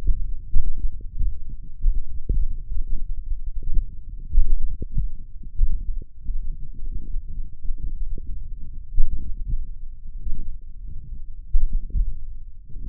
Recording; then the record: forearm muscle sounds (acoustic myography)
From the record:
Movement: tripod grip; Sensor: system 1, eight BSWA MPA416 microphones around the upper forearm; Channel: 6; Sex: male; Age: 21 years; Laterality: right